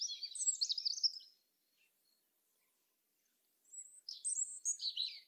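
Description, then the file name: European robin delivering two high, liquid warbling phrases, the first sweeping and busy, the second following after about two seconds of silence. "Erithacus rubecula"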